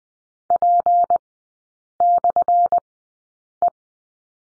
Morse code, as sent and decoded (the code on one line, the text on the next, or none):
.--. -..-. .
P/E